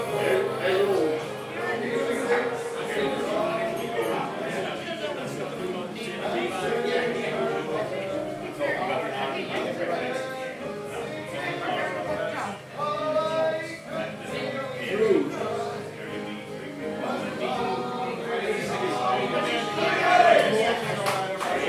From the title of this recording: Irish Sing Along at Tigh Ruairi, Inis Oirr, Ireland